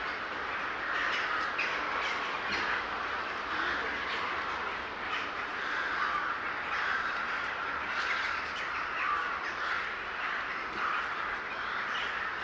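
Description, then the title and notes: Birds massed in a noisy gathering, overlapping squawks and chatter running unbroken, with bursts of sharper calls now and then. A gathering of birds recorded in S. Staszic Park in Łódź. "Ptaki W Parku Im. S. Staszica W Łodzi. Nagranie wykonane z parku im. S. Staszica w Łodzi. Zgromadzenie ptaków"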